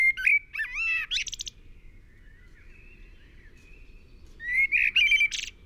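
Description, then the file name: Common blackbird song: a warbling fluted phrase ending in a high squeaky twitter, a quiet pause with faint birds, then another fluty phrase with twittering end. "Turdus merula"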